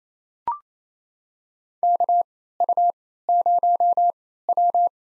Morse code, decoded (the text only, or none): KU0W